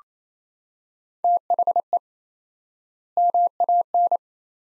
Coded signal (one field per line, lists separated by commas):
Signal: Morse code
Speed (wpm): 27 wpm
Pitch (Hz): 700 Hz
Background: none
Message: THE MAN